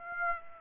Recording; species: mosquito wingbeat signal from an infrared sensor; Aedes aegypti